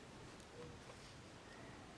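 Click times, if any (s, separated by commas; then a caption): none. A pearl snap's metal stud and socket on a finished cardigan are handled and pressed toward each other, with only steady, low-level broadband rustle and noise heard. Nothing has seated or clicked yet.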